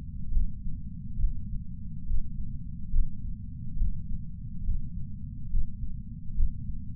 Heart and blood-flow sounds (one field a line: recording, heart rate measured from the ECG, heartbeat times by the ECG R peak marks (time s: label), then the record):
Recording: heart sounds by patch sensor on the chest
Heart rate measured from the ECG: 70 bpm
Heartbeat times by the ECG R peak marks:
0.31 s: heartbeat
1.18 s: heartbeat
2.05 s: heartbeat
2.90 s: heartbeat
3.75 s: heartbeat
4.62 s: heartbeat
5.48 s: heartbeat
6.34 s: heartbeat
From the record:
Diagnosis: coronary artery disease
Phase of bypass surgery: preoperative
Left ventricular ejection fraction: 64.7%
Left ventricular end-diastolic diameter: 48 mm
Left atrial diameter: 35 mm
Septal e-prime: 7.2 cm/s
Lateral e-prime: 9.9 cm/s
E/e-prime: 8.2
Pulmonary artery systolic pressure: 27 mmHg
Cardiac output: 5.5 L/min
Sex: male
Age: 75 years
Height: 167 cm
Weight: 58 kg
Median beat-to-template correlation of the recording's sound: 0.83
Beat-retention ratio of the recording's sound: 0.99